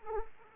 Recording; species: mosquito wingbeat signal from an infrared sensor; Anopheles arabiensis